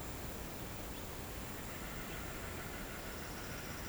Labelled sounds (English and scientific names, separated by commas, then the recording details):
none
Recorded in pastures near Puerto Asís, Putumayo, Colombia, on 19 March 2025 at 08:30
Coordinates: 0.472, -76.329
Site G074